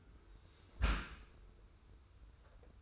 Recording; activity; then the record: daily activity, microphone in the room; close dishwasher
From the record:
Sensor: 2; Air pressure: 990.3 hPa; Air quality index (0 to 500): 210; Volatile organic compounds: 1000 ppm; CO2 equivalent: 6739 ppm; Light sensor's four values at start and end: 28/67/27/27 and 28/67/27/27